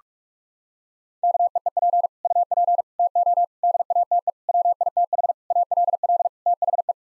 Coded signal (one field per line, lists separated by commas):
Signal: Morse code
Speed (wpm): 46 wpm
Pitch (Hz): 700 Hz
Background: none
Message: KEEP UP TO DATE WITH ALL THE